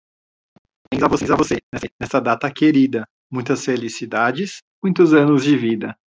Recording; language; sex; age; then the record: short text; Brazilian Portuguese; male; 30 to 39 years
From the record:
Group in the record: control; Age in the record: 35 years